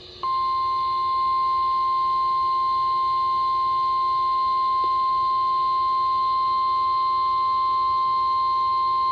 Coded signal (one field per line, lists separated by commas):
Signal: Emergency Alert System (SAME) tones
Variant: 1050 Hz attention tone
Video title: Multicellular Misery - EAS Alerts from 8/30/24 || EAS 1,449-1,465